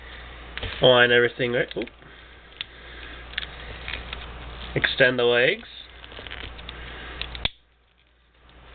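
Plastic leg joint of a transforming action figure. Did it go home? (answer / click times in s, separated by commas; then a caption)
yes / 7.5 s. Someone talks while extending the legs of a plastic transforming action figure, with small plastic handling clicks along the way. The leg joint snaps into place with a solid click at 7.5 s, and the sound then drops to near silence.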